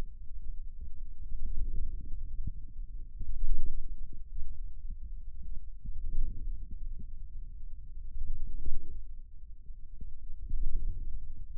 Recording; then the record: forearm muscle sounds (acoustic myography)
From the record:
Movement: wrist extension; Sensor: system 2, bracelet of six BSWA MPA416 microphones around the upper forearm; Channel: 6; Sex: male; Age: 22 years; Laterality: right